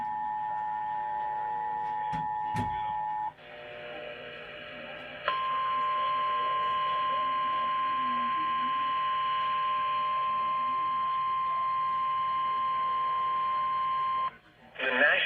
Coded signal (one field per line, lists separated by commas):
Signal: Emergency Alert System (SAME) tones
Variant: 853 and 960 Hz attention tone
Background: speech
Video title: (EAS #1,065 - #1,070) CAUGHT OFF GUARD... AGAIN... - EAS Alerts from 6/4/23